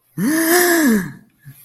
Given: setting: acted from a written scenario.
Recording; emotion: vocal sound without words; fear